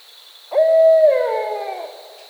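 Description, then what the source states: Barred owl giving one long hoot, steady at first and then sliding downward into a drawn-out fading tail, over a constant high whine. Recorded 22 October 2010.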